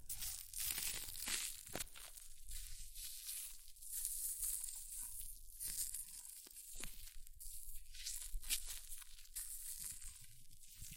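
Hair mousse fizzes and crackles in a dense, steady hiss of bright crinkling pops, with sharper snaps every second or so and faint low rumbles.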